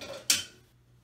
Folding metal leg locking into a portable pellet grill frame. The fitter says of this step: leg snaps into place push